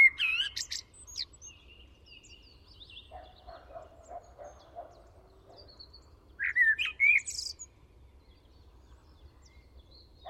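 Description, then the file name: Common blackbird song: a mellow fluted phrase with a high twittering end, a long pause with a soft low buzzy sound and faint notes, then another whistled phrase. "Turdus merula"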